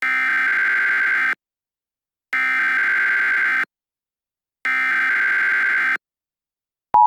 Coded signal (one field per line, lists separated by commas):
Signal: Emergency Alert System (SAME) tones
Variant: header bursts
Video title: I'm taking a break from the EAS community until January 1st, 2025